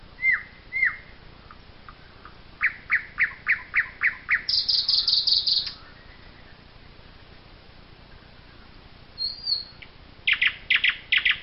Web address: chants doiseaux chant du rossignol